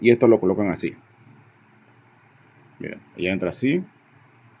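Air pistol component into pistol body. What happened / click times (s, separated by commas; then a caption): The part is being handled and has not clicked into place yet / none. A part of a Bersa BP9CC 4.5 BB CO2 air pistol is handled and pushed into the pistol body while someone talks. Only speech and faint low background noise are heard, with no sharp click. Nothing has seated or clicked yet.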